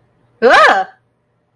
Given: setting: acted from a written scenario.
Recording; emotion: vocal sound without words; fear